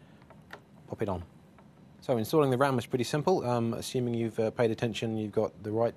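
A CPU fan's plastic power connector is pushed onto the middle header pins on a motherboard, with small clicks near the start and a sharper click at 0.5 s as it seats. Someone then talks.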